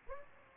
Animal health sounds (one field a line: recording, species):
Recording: mosquito wingbeat signal from an infrared sensor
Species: Aedes aegypti